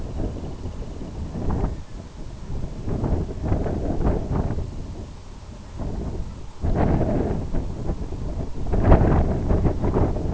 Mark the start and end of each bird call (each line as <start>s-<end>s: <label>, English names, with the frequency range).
0.03s-1.50s: Semipalmated Sandpiper (2.2-3.7 kHz)
1.18s-2.02s: Red-throated Loon (0.5-2.5 kHz)